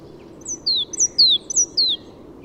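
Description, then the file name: Great tit song: three quick two-note phrases, each a short high note followed by a lower descending whistle, over a soft steady background hiss. "Parus major"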